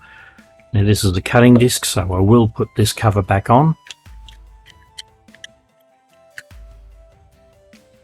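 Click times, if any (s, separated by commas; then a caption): 5.0 s, 6.4 s. Someone talks, then a plastic cutting-disc guard cover is pushed back onto the head of a Ferrex 20V Li-Ion mini grinder, fitted with its cutting disc. Sharp clicks are heard at 5.0 s and 6.4 s as the cover snaps in at two edges, seating it on both edges.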